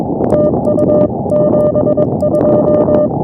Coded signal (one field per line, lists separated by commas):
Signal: Morse code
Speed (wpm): 21 wpm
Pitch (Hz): 590 Hz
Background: none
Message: TU 72